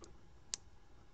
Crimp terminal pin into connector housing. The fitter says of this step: and you can hear an audible snap and then when you tug on it it's not going to come back out